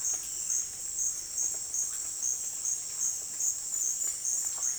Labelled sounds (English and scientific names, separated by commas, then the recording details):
none
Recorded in dense forest near Puerto Asís, Putumayo, Colombia, on 24 June 2025 at 17:00
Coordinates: 0.484, -76.325
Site H65